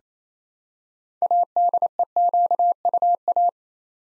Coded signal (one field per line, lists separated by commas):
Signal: Morse code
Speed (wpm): 27 wpm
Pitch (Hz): 700 Hz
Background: none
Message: ADEQUA